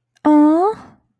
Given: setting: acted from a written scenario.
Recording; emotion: vocal sound without words; adoration